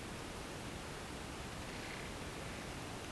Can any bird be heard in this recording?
no